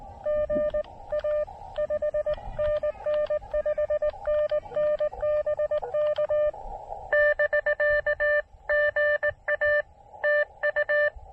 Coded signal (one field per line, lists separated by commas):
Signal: Morse code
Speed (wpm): 19 wpm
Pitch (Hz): 590 Hz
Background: none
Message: GA 5NN 5NN BK <BK> GA TU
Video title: SOTA QRP DX with the Tufteln 20 Meter Delta Loop Antenna!